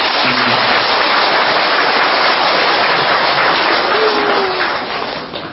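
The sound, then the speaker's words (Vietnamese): An audience at a morning Buddhist dharma talk applauds in a dense, steady wash of clapping that stays loud for several seconds before easing off slightly at the end. “Xin hãy cũng dùng một tràng pháo tay thật lớn.”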